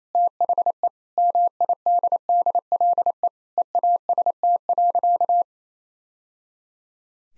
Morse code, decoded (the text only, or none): THE MIDDLE EAST.